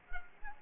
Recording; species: mosquito wingbeat signal from an infrared sensor; Culex quinquefasciatus